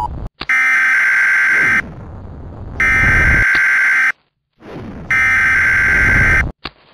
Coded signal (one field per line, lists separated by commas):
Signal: Emergency Alert System (SAME) tones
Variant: header bursts